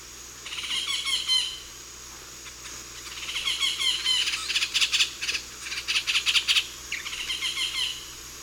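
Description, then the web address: Yellow-tufted woodpecker calls in rapid, harsh chattering bursts, runs of quick notes with short pauses. Group calls, eastern lowlands of South America. "Natures Songs S America Eastern Lowlands. Melanerpes cruentatus, group calls"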